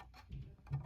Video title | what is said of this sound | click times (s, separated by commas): German Geschutzwagen 1/35 build part 1 | kind of like there, kind of clicks into place, | 0.7 s